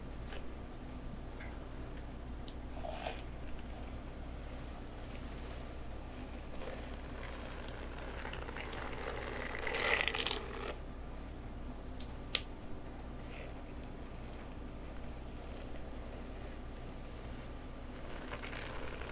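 Hair play, back scratching and massage on a rainy day: a steady low hum runs underneath, with soft scattered brushing and scratching sounds throughout. A denser rustling swell builds around ten seconds, and a single sharp tick lands near twelve seconds.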